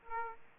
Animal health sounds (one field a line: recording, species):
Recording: mosquito wingbeat signal from an infrared sensor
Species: Aedes aegypti